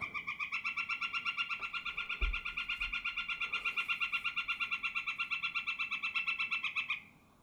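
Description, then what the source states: Northern flicker calling a long, fast series of identical ringing notes, steady and even for about seven seconds before stopping abruptly; one low thump partway through. Played back from an online recording.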